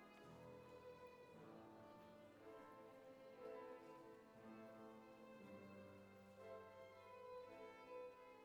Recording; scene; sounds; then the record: everyday scene through a hearing-aid microphone; reverberant space; music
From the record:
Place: church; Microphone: behind the ear, left, front